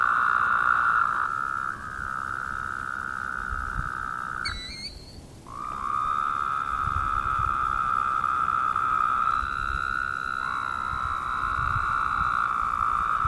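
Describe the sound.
Woodhouse's toad calling in long overlapping nasal drones, briefly interrupted once, with a few high chirps in the gap.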